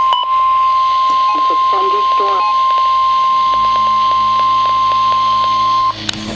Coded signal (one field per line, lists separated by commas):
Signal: Emergency Alert System (SAME) tones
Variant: 1050 Hz attention tone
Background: speech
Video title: 2 Same Tornado Watches #133 for Adams, York, and Chester County PA {EAS #1166-67} 4-19-13